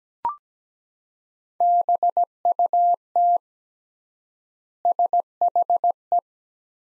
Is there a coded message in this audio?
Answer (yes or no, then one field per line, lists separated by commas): yes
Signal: Morse code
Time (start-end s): 1.6-6.2 s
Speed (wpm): 17 wpm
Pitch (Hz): 700 Hz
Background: none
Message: BUT SHE